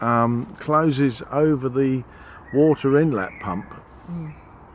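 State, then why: Not seated. A hinged cover flap on a motorhome's exterior is handled over the fresh water inlet pump while someone talks throughout. Nothing has seated or clicked yet; the flap is not yet home when the clip ends.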